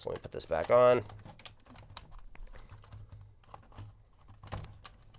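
Someone talks briefly, then handles the plastic side bay cover of an alarm control panel housing, fitting it back over the installed cellular module. Faint fumbling taps and light clicks are heard around 1.5, 2.0, 4.5, 4.6 and 4.9 seconds. The cover has not snapped home yet; nothing has seated.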